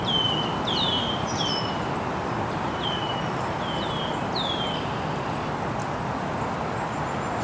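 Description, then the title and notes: Birds chirping: several bright, short, downward-sweeping chirps, mostly in the first half, with faint higher ticks, over a steady broad rushing background noise. Birds chirping very early in the morning in an estuary. "Birds Chirping in the Early Morning. Original sounds of birds chirping very early in the morning in an estuary"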